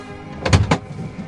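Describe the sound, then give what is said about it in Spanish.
Two or three quick, heavy clunks from a vehicle door as people climb out of a van that has arrived in front of a castle, over a low steady hum, with no voices. “Bajan del furgón.”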